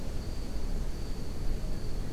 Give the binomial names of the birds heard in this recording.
none